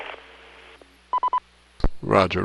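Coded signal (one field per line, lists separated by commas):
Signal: none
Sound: repeater courtesy beep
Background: speech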